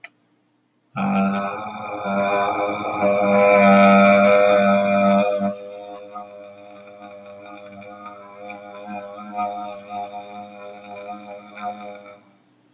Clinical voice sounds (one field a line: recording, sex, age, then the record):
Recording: vowel held as long as possible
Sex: male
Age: 40 to 49 years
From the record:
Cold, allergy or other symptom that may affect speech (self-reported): no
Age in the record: 47 years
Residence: Michigan, United States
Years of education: 16